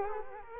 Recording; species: mosquito wingbeat signal from an infrared sensor; Culex quinquefasciatus